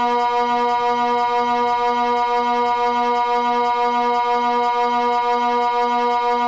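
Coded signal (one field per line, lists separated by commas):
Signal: siren signal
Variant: Swiss water alert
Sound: one continuous low, steady, organ-like siren tone with a slight regular pulsing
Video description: Signal: Twelve low steady tones Duration: 6 min. Meaning: Flooding by the reservoir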